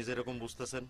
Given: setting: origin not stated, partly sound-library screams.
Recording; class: one-second piece from a danger detection set; normal situation